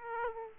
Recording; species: mosquito wingbeat signal from an infrared sensor; Aedes aegypti